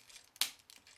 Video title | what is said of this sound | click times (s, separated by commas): Video review of Transformers Revenge of the Fallen; Human Alliance Mudflap | They snap into place in there. | 0.4 s